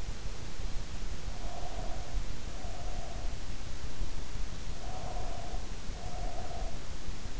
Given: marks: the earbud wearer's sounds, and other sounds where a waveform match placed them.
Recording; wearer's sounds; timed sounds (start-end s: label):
sounds in sleep by an in-ear microphone; breath
1.12-3.56 s: breath
4.43-6.99 s: breath